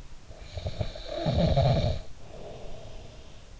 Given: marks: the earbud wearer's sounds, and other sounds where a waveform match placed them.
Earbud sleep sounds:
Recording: sounds in sleep by an in-ear microphone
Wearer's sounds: snoring breath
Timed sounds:
0.24-3.55 s: snoring breath

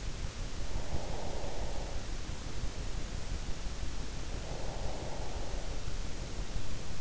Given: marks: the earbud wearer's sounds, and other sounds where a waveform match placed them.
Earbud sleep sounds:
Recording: sounds in sleep by an in-ear microphone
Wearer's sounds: breath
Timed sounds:
0.56-2.34 s: breath
4.41-6.22 s: breath

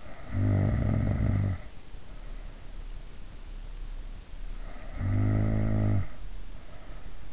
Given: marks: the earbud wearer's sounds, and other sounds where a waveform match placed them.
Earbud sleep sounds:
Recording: sounds in sleep by an in-ear microphone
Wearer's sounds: snoring breath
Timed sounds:
0.00-1.99 s: snoring breath
4.99-6.20 s: snoring breath

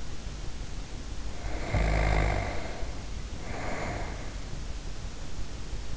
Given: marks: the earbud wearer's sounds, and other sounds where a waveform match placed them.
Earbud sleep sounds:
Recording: sounds in sleep by an in-ear microphone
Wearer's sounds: snoring breath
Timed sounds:
1.17-4.43 s: snoring breath

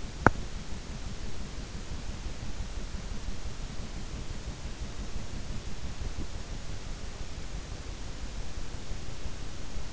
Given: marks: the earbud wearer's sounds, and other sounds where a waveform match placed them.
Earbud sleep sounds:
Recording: sounds in sleep by an in-ear microphone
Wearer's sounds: teeth grinding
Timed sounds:
0.00-0.61 s: teeth grinding

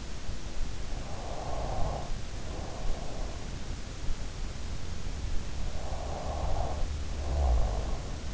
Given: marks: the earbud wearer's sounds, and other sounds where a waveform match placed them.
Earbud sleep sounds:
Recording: sounds in sleep by an in-ear microphone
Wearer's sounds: snoring breath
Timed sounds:
0.95-3.37 s: snoring breath
5.55-8.34 s: snoring breath

